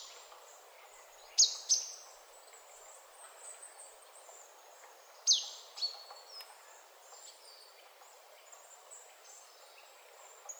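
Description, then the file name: Marsh tit uttering sharp high descending calls in two brief bursts about four seconds apart, with quiet hiss and faint high tones between. "Poecile palustris"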